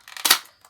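Pushing the rear tail pin on a plastic 1980s toy vehicle releases its spring-loaded transforming section. A few small plastic ticks lead into a sharp plastic snap at 0.3 s and 0.3 s as the section springs open, followed by a faint tick near the end.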